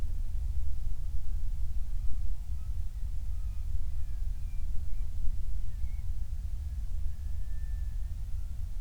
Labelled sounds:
near silence
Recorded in the Prudhoe Bay oil fields, Alaska, on 28 July 2019 at 05:36
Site 25

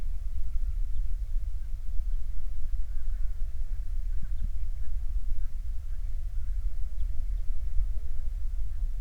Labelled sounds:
songbird
waterfowl
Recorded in the Prudhoe Bay oil fields, Alaska, on 21 June 2019 at 00:00
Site 19

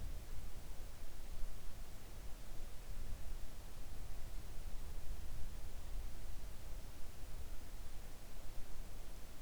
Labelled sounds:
near silence
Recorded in the Arctic National Wildlife Refuge, Alaska, on 3 August 2019 at 05:35
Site 41

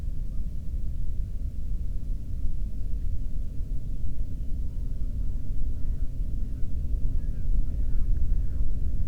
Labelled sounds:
bird
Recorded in the Prudhoe Bay oil fields, Alaska, on 13 June 2019 at 00:31
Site 30

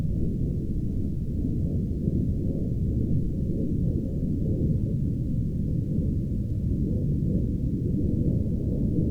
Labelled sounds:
aircraft
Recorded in the Arctic National Wildlife Refuge, Alaska, on 16 August 2019 at 01:46
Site 40

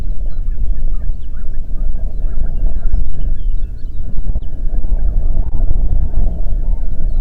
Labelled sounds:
songbird
waterfowl
wind
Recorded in the Prudhoe Bay oil fields, Alaska, on 8 June 2019 at 04:17
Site 30

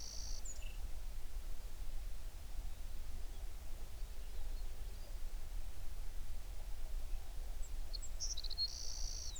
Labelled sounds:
songbird
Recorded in the Prudhoe Bay oil fields, Alaska, on 11 June 2019 at 04:43
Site 21

